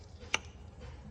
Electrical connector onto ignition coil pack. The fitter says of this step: Make sure these are out of the way. Push in till you hear the click.